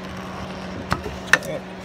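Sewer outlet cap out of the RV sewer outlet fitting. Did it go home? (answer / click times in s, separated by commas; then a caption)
released / 0.9 s, 1.3 s. A sewer outlet cap on a 2022 RPOD 192 RV is pressed in and given a small turn so it pops out of its bayonet fitting. Two sharp clicks are heard at 0.9 s and 1.3 s, the second louder, over a low steady hum, and the cap comes free.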